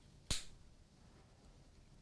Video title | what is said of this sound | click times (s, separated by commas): LaserMax Guide Rod Installation for Sig Sauer Pistols | while turning clockwise you'll put a little bit of force until that pops into place now | 0.3 s